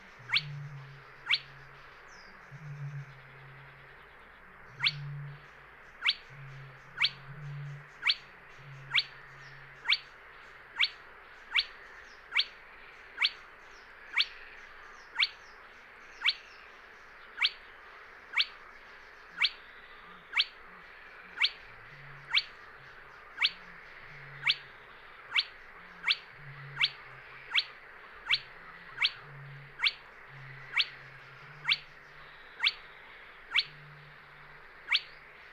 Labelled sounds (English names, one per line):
Spotted Crake